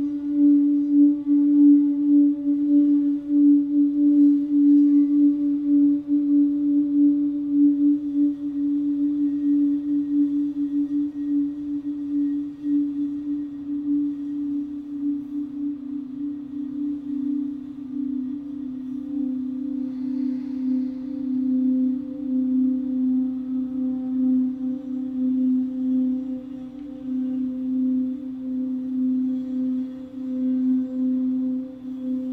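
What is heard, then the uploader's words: A crystal singing bowl rings out one sustained, pure low tone that holds steady for the whole stretch, with a fainter higher overtone above it. The sound slowly softens after the first ten seconds, with a gentle wavering pulse and a brief faint shimmer around twenty seconds. Crystal singing bowls.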